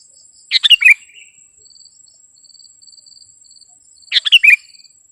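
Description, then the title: Sooty-headed bulbul: two lively, bubbling phrases about three and a half seconds apart, with a high insect trill pulsing in between. "kutilang"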